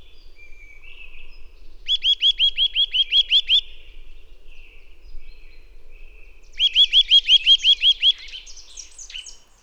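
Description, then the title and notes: Eurasian nuthatch song: two bursts of quick, evenly spaced upslurred whistles, about nine notes each, separated by a few seconds of quieter soft notes. Sedentary bird heard during mild winter weather, giving contact calls followed by song in this sequence; common in forests, parks and small woods; recorded with various equipment. "Sonothèque naturophonia. La Sittelle torche-pot (Sitta europaea)"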